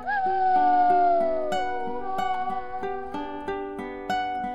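A drawn-out, wavering howl slides slowly downward in pitch, layered over a steady rhythm of repeated, ringing tonal notes that continue after the howl fades.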